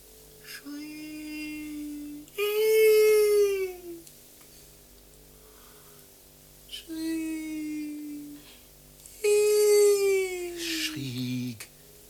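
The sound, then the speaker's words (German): A man on board a boat who can imitate rainforest sounds gives the cry of a strange bird: four drawn-out, wailing cries with bright harmonics, some rising and some sliding downward, separated by pauses over a faint steady pulsing hum. “kann die Geräusche des Regenwaldes nachahmen und öffnet von Zeit zu Zeit den Mund, um zu schreien wie ein seltsamer Vogel.”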